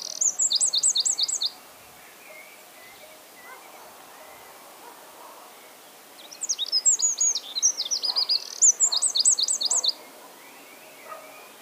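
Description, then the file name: Eurasian wren song: a short high trill opens, then a quiet stretch with faint calls, then a longer loud outburst of rattling trills and sharp notes. "Troglodytes troglodytes"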